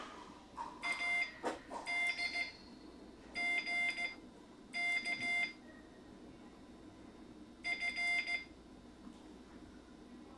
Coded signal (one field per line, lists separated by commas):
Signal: Morse code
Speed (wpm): 15 wpm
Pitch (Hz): 2100 Hz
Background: none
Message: A D G K F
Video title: Morse Code Intermediate Class 7